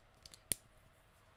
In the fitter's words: there we go that should have been a good click